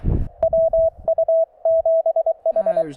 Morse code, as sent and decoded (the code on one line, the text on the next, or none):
.-- ..- --... ....
WU7H